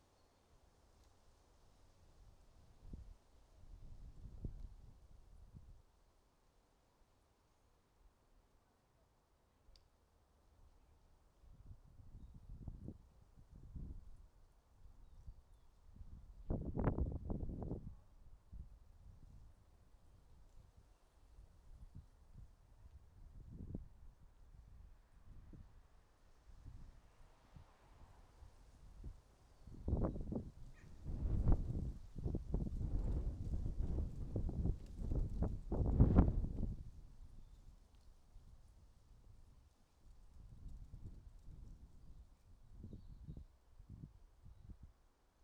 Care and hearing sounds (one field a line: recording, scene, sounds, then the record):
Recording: everyday scene through a hearing-aid microphone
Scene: wind on the microphone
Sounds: wind, traffic, voices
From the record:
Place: suburban garden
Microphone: in the ear canal, right